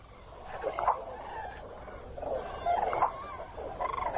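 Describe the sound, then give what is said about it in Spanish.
A flock of common cranes calls at night as huge flocks gather on a floodplain before migration, with many overlapping bugling, trumpet-like cries rising and falling in mid pitch. The calls come in clustered bursts over a steady, soft background hiss. “Por la noche, inmensas bandadas se reúnen en la zona de crecida.”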